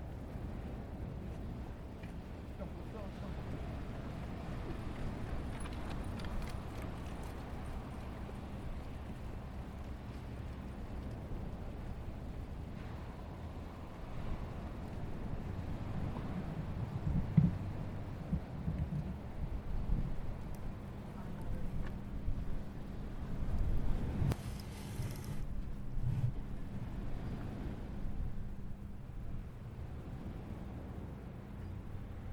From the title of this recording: Asbury Park Beach